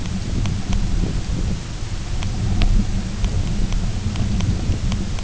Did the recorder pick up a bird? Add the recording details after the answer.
no. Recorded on Arctic tundra, site UTQI-0, on 20 June 2018. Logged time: 14:00